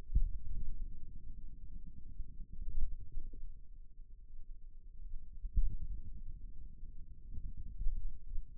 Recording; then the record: forearm muscle sounds (acoustic myography)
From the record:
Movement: finger pinch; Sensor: system 2, bracelet of six BSWA MPA416 microphones around the upper forearm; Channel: 3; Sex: male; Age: 22 years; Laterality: right